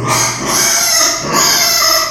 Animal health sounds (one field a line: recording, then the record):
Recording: squeal of a Yucatan mini pig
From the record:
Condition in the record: before surgery on the right vocal fold (resection and tissue-engineered implant)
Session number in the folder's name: 2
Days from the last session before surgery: 0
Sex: male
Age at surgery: 12 weeks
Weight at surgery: 13 kg